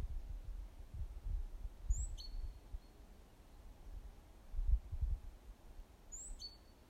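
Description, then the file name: Great tit call: high, thin falling note then a sustained lower note, given twice about four seconds apart, with low thumps and rumble in the background. "Parus major"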